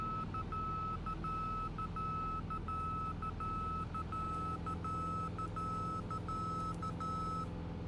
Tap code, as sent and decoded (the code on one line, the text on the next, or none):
none